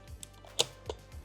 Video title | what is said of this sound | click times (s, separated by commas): Lomography Instant Square Glass Black Review | and then it does have a really nice sound when it snaps into place almost like a ratcheting sound | 0.2 s, 0.6 s, 0.9 s